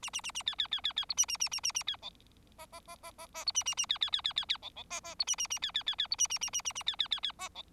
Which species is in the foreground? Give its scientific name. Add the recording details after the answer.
Lonchura striata domestica. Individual Bird4